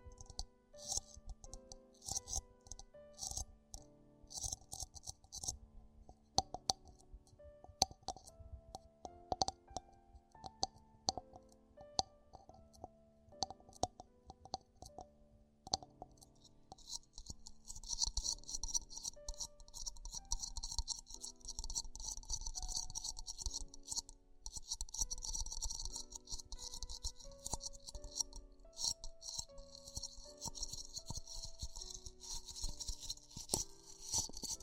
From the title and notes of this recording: ASMR Extremely Tingly Ear Exploration (No Talking).